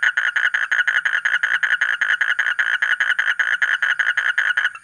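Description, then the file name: Asian common toad trilling continuously, loud buzzy pulses repeated at an even quick pace throughout, fading at the very end. "suara kodok bangkong kolong kodok buduk"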